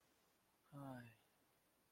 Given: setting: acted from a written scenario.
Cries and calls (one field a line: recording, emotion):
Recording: vocal sound without words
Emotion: desire